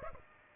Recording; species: mosquito wingbeat signal from an infrared sensor; Aedes aegypti